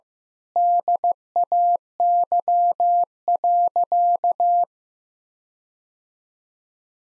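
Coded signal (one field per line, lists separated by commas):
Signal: Morse code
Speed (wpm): 15 wpm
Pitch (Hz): 700 Hz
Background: none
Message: DAY.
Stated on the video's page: Head-copy drill of sentences from the top 1600 words at 15 wpm; each sentence is sent in Morse, then spoken, then repeated.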